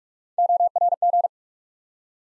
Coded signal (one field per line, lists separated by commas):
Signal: Morse code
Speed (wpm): 44 wpm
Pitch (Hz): 700 Hz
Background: none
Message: ORG